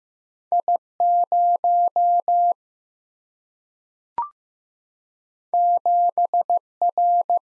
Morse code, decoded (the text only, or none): I0 7R